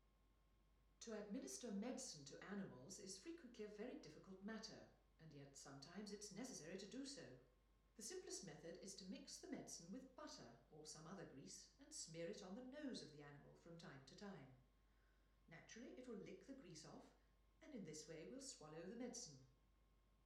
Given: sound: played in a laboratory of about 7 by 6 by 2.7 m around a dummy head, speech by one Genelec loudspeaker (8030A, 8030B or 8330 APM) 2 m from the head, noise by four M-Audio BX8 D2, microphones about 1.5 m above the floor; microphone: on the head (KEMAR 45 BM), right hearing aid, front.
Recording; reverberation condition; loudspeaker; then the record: female speech in English; medium; in front (0 degrees)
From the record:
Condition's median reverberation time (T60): about 510 ms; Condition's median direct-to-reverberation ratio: about -0.5 dB